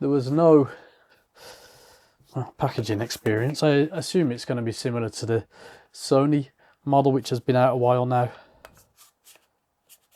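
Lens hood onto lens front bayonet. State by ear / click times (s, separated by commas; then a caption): not seated / none. A plastic lens hood is twisted onto the front bayonet of a Tokina atx-m 11-18mm F2.8 wide-angle lens for Fujifilm X mount while someone talks. A faint contact or rub sound comes at about 8.7 s, but it is not a latch click. The hood has not clicked or locked in.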